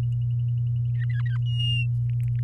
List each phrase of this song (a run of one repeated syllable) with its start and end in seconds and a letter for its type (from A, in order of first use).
0.94-1.37 A, 1.46-1.86 B, 2.09-2.40 C